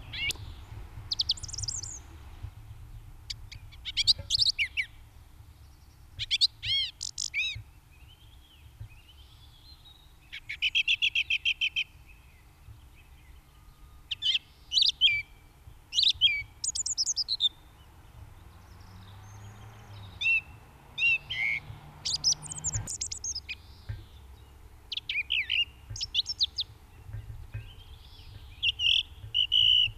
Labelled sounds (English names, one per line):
Song Thrush song